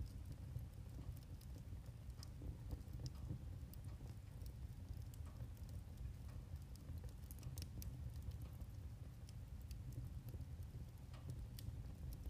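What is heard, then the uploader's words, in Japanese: Firewood burns in a wood stove, its sharp crackles and snaps popping irregularly over a steady, low roar of flame. 薪の爆ぜる音・薪ストーブ。ゴールデンウィークなのに、薪ストーブを焚いてしまうほどの寒さです。パチパチと音を立てて燃えていく薪。静岡県田方郡の古民家より。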